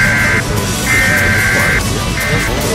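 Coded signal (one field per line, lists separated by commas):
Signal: Emergency Alert System (SAME) tones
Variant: header bursts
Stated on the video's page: Monday tests and IPAWS alerts.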